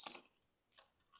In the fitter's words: should go snap right in place. Sweet.